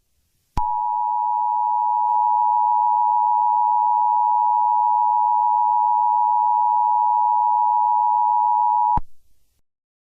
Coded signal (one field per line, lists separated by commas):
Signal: Emergency Alert System (SAME) tones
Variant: 853 and 960 Hz attention tone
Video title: Eas Scenario|the catastrophe - its just the beginning…